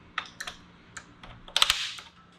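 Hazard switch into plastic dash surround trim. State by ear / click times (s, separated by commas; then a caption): seated / 1.6 s. A hazard switch in a Toyota 4Runner is pushed into the new plastic dash surround trim that comes with a Sony XAV-AX7000 radio kit. A few light plastic ticks come first, then sharp snaps at 1.6 s and 1.6 s as the switch snaps in, followed by a brief settling rattle. The switch is seated in the surround, and it is then tested.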